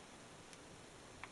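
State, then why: Released. A steering column tilt/telescope lock on a 1969 Cadillac DeVille is operated and releases. A faint tick sounds at 0.5 s, then a sharper, light click at 1.2 s as the column lock releases.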